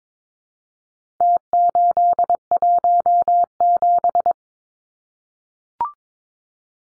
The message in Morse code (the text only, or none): T817